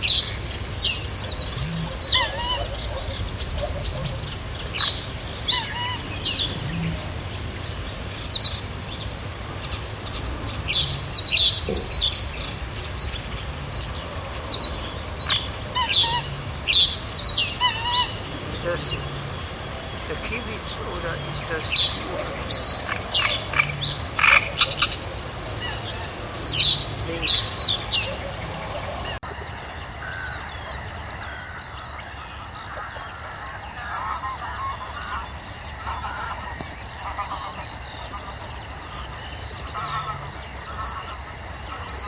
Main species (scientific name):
Motacilla flava